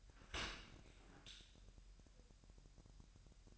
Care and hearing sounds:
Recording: daily activity, microphone in the room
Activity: open dishwasher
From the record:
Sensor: 2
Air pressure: 1000.3 hPa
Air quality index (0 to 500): 245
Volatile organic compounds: 89 ppm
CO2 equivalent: 3679 ppm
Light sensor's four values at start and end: 9/21/8/8 and 9/21/8/8

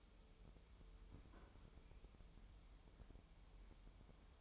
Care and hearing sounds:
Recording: daily activity, microphone in the room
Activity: open fridge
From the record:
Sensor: 1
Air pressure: 988.4 hPa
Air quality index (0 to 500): 200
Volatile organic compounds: 1000 ppm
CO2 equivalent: 5336 ppm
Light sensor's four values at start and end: 27/99/37/39 and 26/99/37/39

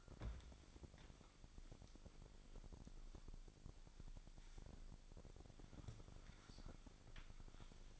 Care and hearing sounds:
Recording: daily activity, microphone in the room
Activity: wipe stove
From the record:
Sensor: 5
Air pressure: 1001.7 hPa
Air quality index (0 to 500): 175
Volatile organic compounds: 10 ppm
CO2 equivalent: 2241 ppm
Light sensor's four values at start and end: 22/78/29/30 and 23/78/29/30

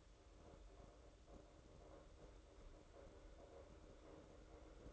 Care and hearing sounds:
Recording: daily activity, microphone in the room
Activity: make coffee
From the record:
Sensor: 3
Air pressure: 995.2 hPa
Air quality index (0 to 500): 72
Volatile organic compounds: 4 ppm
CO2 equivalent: 1654 ppm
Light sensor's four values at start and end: 17/50/21/18 and 17/50/21/18

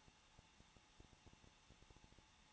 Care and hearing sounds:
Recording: daily activity, microphone in the room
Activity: no activity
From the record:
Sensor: 1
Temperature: 20.1 degrees Celsius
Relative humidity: 39.4%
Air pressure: 1006.4 hPa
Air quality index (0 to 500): 219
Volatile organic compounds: 81 ppm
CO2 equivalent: 3618 ppm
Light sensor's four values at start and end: 1/2/1/1 and 1/2/1/1

